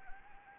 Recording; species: mosquito wingbeat signal from an infrared sensor; Anopheles arabiensis